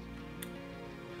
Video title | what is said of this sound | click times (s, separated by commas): Threadripper 3970X Build - How to build a Threadripper PC | hear that click and now it's in so | 0.4 s